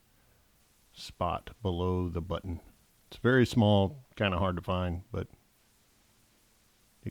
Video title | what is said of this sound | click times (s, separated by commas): xTool D1 Pro and Screen Printer Unboxing, Set-up & 1st Review | it clicks right in | 7.1 s